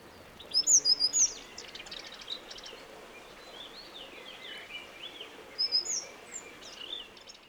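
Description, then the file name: Eurasian blue tit calls: thin, very high notes in a quick burst of four near the start, repeated later as a shorter burst, with softer warbling from another bird between. "Cyanistes caeruleus"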